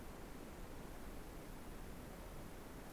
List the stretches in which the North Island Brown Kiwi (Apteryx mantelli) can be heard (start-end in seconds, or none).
none